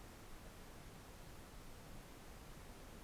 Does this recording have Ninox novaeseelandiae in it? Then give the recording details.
no. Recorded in New Zealand on 4 June 2017. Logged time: 21:16. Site Taranaki